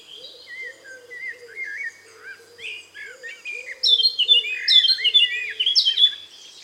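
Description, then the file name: Eurasian blackcap song: a varied run of scratchy, twittering notes that turns into louder, clearer fluting phrases after about four seconds, with a faint low warble underneath. "Sylvia atricapilla"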